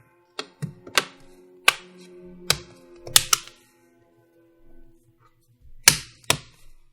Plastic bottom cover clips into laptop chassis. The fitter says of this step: You're going to hear the click sounds while you press. there you go.